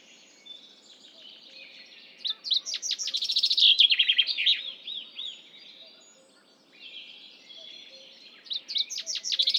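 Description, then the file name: Common chaffinch singing: one complete cascading phrase of quick, sharp notes that descends and ends in a flourish, then the next phrase begins near the end. "Fringilla coelebs"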